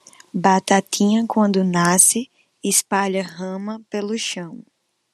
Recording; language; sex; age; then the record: short text; Brazilian Portuguese; female; 20 to 29 years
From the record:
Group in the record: control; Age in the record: 23 years